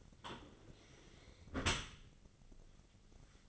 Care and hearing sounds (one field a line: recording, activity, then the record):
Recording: daily activity, microphone in the room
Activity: close dishwasher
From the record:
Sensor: 4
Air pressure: 1003.9 hPa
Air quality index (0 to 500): 151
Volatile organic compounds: 2 ppm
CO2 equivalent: 1078 ppm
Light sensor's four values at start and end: 27/66/28/30 and 27/67/28/30